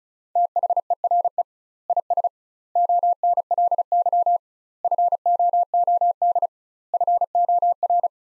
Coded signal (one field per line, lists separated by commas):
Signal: Morse code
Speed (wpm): 36 wpm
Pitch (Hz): 700 Hz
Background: none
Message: THERE IS ONLY FOOD FOR